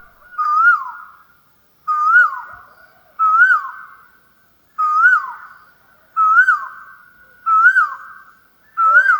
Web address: Asian Koel Bird